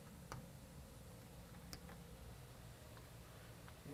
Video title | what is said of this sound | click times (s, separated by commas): GROHE Cut Volume Control Spindles on Rapido SmartBox Installation Video. | And the handheld on the right, and it just snaps in as well. | 0.3 s, 1.7 s